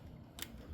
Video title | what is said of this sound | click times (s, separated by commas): BombMoto B2 Plug & Play Fardriver 72450 Kit Install! | until both sides snap into place just like that. | 0.4 s